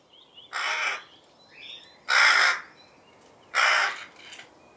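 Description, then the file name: Rook cawing three times, rough and drawn-out, about one and a half seconds apart, while softer twittering birds call in the background. "roek"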